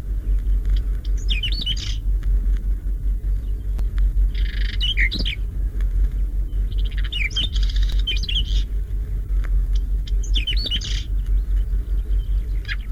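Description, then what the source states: Whinchat singing several short scratchy, warbling phrases, with a continuous low rumble throughout. Sings tirelessly from a thistle.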